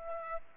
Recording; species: mosquito wingbeat signal from an infrared sensor; Aedes aegypti